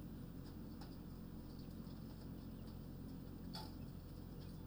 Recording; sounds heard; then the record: poultry house recording; healthy chickens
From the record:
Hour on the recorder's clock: 22